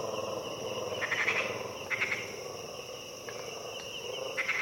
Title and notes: Early at dawn, deep in the Harenna Forest. Colobus monkeys wake up and utter their terrifying territorial calls with a lush insect chorus background punctuated by frogs. African Cloud Forest